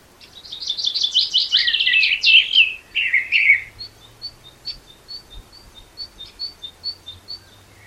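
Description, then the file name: Common blackbird song: a scratchy high twitter, then deeper fluted notes, after which a thin high note repeats about three times a second from another small bird. "Turdus merula"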